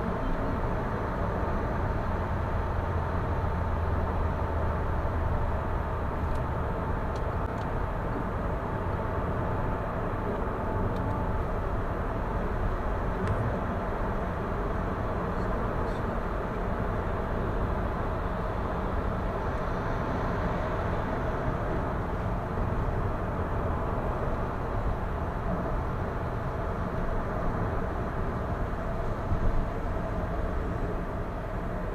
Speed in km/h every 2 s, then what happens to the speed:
86, 87, 85, 85, 84, 83, 82, 80, 79, 78, 77, 78, 78, 77, 74, 69.
0-32 slows to 69.